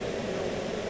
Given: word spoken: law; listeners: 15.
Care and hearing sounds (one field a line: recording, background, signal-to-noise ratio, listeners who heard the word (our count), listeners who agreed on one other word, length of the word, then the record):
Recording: one English word in noise, from a listening test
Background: speech-shaped noise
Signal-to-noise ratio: -6.9 dB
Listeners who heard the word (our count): 3 of 15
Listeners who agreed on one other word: 6 of 15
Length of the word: 0.50 s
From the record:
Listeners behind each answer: 6, 3, 1, 1, 1, 1, 1, 1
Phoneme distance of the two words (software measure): 24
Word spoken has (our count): 1 syllable, 2 phonemes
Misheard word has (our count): 2 syllables, 4 phonemes, stress on syllable 1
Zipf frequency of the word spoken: 5.05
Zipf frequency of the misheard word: 4.91